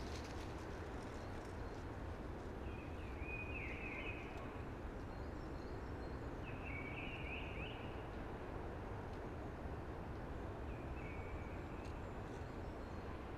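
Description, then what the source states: Blackbird singing a few short warbled phrases spaced several seconds apart, each with slurred notes, over a constant hushing roar of wind through branches. Singing early, amongst conifers hushing in the background.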